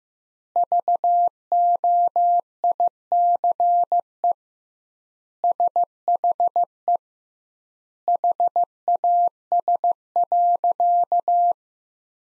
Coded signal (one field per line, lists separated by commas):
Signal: Morse code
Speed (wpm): 16 wpm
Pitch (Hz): 700 Hz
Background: none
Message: VOICE SHE HAS.